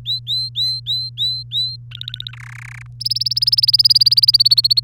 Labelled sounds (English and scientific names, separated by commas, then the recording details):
Domestic Canary (Serinus canaria) song
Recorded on 3 May 2018 at 10:25
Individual llb3